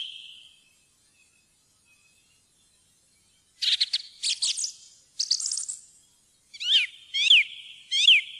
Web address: fuglelyder maaltrost